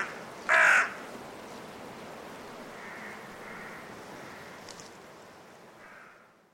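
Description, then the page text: Carrion crow giving one loud harsh caw early on, followed by fainter caws over steady rushing wind. Five carrion crows in trees before roosting, woodland, blustery force 6 wind, winter, Woodchester Park, Gloucestershire. "A group of five Carrion Crows in the trees, before roosting, during a blustery force 6 wind. Recorded in winter at Woodchester Park, Gloucestershire by Richard Margoschis. British Library"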